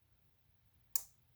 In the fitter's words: push that down and that locks the pins in so they can't get pulled out